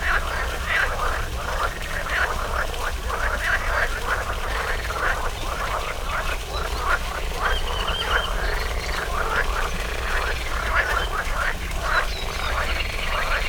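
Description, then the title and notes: Many frogs croaking together in rapid pulsed bursts without pause, over a steady low-pitched hum. Frogs in a small pond at the Orto Botanico botanical garden, Bologna, Italy, 5 July 2018; croaking noted on spring mornings. "05.07.18 Rane allOrto Botanico. There is also a small pond populated with frogs croaking on spring mornings. Recorded for the Zona U sound mapping project"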